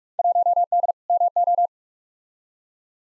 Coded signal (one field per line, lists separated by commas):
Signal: Morse code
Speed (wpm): 46 wpm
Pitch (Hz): 700 Hz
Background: none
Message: 1D MO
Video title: Field Day Exchange v2 - 45wpm